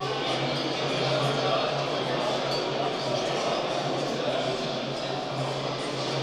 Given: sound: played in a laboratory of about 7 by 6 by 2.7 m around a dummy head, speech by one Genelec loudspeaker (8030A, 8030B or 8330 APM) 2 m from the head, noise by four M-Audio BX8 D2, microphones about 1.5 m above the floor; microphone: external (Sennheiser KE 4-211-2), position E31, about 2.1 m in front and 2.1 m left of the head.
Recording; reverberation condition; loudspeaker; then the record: cafeteria noise; high; four, about 170 cm from the corners of the room and facing them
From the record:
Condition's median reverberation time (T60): about 1300 ms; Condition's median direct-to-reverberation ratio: about -4.0 dB